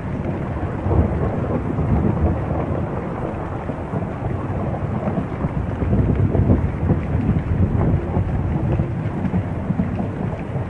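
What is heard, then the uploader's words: Heavy rain pours in a dense, steady low roar, with a deeper rumble of thunder swelling and ebbing throughout, strongest around six seconds. Heavy Rain & Thunder on Porch Next to an Open Field.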